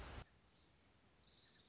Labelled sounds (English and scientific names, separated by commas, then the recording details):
Orange-crowned Warbler (Leiothlypis celata)
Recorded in Sonoma County, California